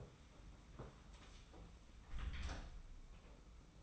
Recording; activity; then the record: daily activity, microphone in the room; close door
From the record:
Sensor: 1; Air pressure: 991.6 hPa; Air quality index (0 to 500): 131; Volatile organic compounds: 414 ppm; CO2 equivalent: 4694 ppm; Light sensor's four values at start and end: 34/111/43/44 and 34/111/43/45